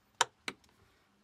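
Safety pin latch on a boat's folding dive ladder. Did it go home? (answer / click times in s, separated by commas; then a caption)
yes / 0.2 s, 0.5 s. On a 37-foot SeaHunter boat, the folded-up dive ladder's latches are closed, and the safety pin falls into place with two sharp clicks at 0.2 s and 0.5 s. A few faint ticks follow. The safety pin latch is seated and the dive ladder is secure.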